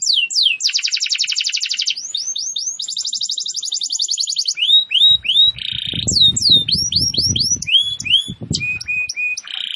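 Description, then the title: Canary song with long rapid trills, swooping whistled notes and flat held tones, joined midway by low muffled thumping noises. Singing vigorously, described in Indonesian as 'gacor'. "Kenari Gacor"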